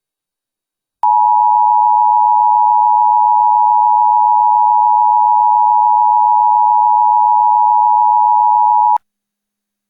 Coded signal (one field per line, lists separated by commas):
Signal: Emergency Alert System (SAME) tones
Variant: 853 and 960 Hz attention tone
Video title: EAS Mock Scenario: Ninja Invasion